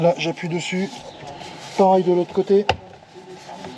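On a Tesla Model 3 or Model Y (Ryzen), the plastic trim cover around the mini screen behind the steering wheel is pressed back onto the steering column shroud, one side first and then the other, while someone talks. The clip ends just before the part goes home, so nothing has seated or clicked yet.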